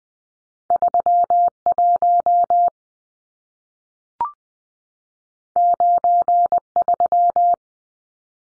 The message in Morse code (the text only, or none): 31 93